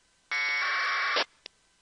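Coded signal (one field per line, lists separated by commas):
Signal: packet radio (AX.25, as in APRS)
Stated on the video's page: Local APRS on 144.390 MHz NFM, received with an RTL-SDR using an 11400 Hz filter bandwidth and squelch 50, used to monitor local radio propagation.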